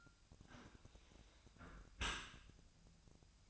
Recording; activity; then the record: daily activity, microphone in the room; close dishwasher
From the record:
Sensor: 2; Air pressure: 1003.0 hPa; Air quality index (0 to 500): 197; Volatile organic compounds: 6 ppm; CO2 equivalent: 1876 ppm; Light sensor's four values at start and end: 14/33/14/15 and 14/33/14/15